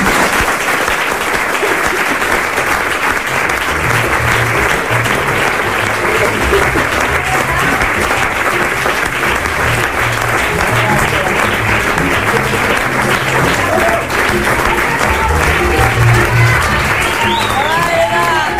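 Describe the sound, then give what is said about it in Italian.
Sustained applause from a theatre audience for the stage play L'Annuncio, a dense, steady roar of many hands clapping at an even loudness throughout, with faint murmurs and a few scattered voices mixed in. “E allora concludiamo questa trasmissione con gli applausi allo spettacolo L'Annuncio”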